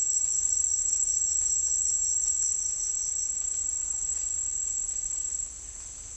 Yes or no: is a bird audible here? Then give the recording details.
no. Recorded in secondary vegetation near Puerto Asís, Putumayo, Colombia, on 21 December 2024 at 09:00. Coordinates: 0.484, -76.319. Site GP06